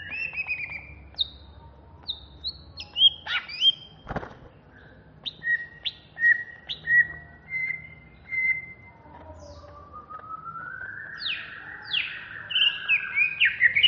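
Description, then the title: Greater green leafbird song of short, spaced whistled notes and sweeps, interrupted by a sharp click, ending in a long rising glide and chattering notes. Banyuwangi; bird singing in an agitated, intense style (ngentrok ngamuk). "Cucak Hijau Banyuwangi"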